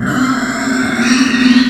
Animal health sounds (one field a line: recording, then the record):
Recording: squeal of a Yucatan mini pig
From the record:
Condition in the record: after surgery on the right vocal fold (resection and tissue-engineered implant)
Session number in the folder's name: 3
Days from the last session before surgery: 21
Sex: female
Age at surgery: 19 weeks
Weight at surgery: 25 kg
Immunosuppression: prednisolone